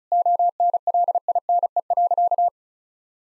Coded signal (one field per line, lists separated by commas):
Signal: Morse code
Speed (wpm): 34 wpm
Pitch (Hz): 700 Hz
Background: none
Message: ONLINE.